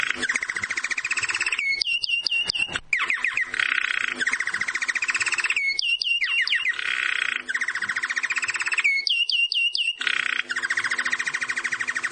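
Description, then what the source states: Finch (jilguero): finch song, a long string of rapid, rasping trills and chattering phrases broken by short, sharp whistled notes, repeated in similar bursts every few seconds. Jilguero song used as background sound for the programme.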